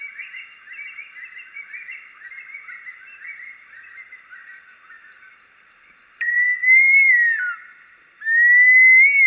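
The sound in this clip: Bush stone-curlew wailing calls: a faint chorus of quavering whistles first, then loud drawn-out whistled notes that rise, waver and slide down.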